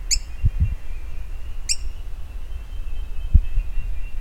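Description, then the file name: Bird calls: two brief, high chirps more than a second apart, with soft low thuds and a constant background hum. "SABIOD 50 bird 2015"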